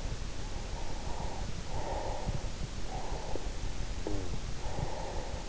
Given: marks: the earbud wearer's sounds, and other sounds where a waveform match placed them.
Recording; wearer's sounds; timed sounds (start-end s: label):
sounds in sleep by an in-ear microphone; breath, snoring breath
0.37-2.58 s: breath
3.10-5.44 s: snoring breath